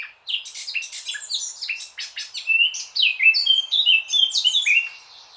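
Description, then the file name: Eurasian blackcap song: dense, fast warbling of scratchy notes mixed with loud, pure whistles that slide downward. "Sylvia atricapilla"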